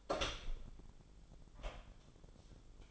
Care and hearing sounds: daily activity, microphone in the room; open door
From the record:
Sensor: 5

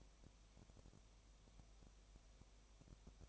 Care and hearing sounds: daily activity, microphone in the room; no activity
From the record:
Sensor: 1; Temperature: 19.7 degrees Celsius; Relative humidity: 37.0%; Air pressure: 1007.2 hPa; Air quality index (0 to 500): 144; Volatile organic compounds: 5 ppm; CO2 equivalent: 1761 ppm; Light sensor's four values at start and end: 1/2/1/1 and 1/2/1/1

